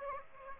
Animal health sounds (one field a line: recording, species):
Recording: mosquito wingbeat signal from an infrared sensor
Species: Aedes aegypti